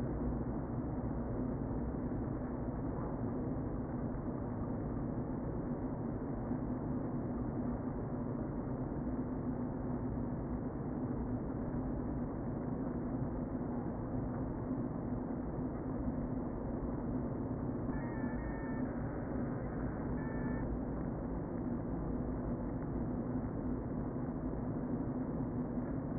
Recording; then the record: honeybee colony, microphone inside the hive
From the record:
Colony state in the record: queen present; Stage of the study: before two queens were removed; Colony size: about 60,000 bees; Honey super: yes